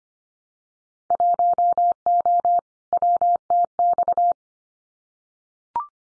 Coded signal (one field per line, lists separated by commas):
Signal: Morse code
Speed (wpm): 25 wpm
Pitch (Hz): 700 Hz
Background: none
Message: 1O WTX